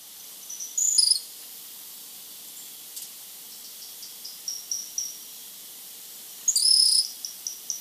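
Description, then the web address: Bronze-olive pygmy-tyrant calls: very high, thin notes and short buzzy trills, one burst early and another near the end, with faint ticking notes between. Recorded in Ecuador. "Natures Songs S America Birds of Ecuador Bronze-olive Pygmy-Tyrant"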